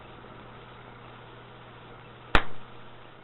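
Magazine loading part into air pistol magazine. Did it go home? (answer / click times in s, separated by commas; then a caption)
yes / 2.3 s. On an Umarex HK USP CO2 air pistol, a loading part of the magazine is pushed back into position against a low steady hiss. It gives a single sharp click at 2.4 s, followed by a brief rattling tail, as the part locks into place.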